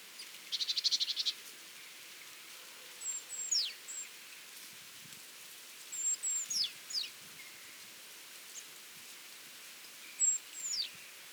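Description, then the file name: Great tit calls: high whistled notes dropping steeply, in three bouts, after an opening buzzy rattling burst, with steady hiss behind. "Parus major"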